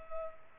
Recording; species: mosquito wingbeat signal from an infrared sensor; Culex pipiens